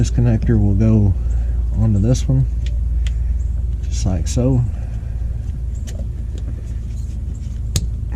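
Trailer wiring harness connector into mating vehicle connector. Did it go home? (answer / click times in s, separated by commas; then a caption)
yes / 7.8 s. Someone talks while pushing a 7-way bed plug trailer wiring harness connector, for a 5th wheel and gooseneck installation, onto its mating vehicle connector under a truck bed, over a steady low rumble with a few faint taps. A loud, sharp click at 7.8 s marks the connector latching and seating.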